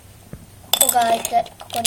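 Someone presses the middle of a padlock built from plastic LEGO bricks, and its shackle releases and pops open with a loud plastic click at 0.7 s. A soft thud comes just before, and someone talks as it opens.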